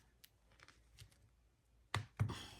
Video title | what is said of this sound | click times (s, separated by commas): How to Sew a Memory Bear with Embroidered Birth Stats / DIY Keepsake Teddy! | And you wait until you hear it click. | 1.9 s